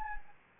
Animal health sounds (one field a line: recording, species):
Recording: mosquito wingbeat signal from an infrared sensor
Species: Anopheles gambiae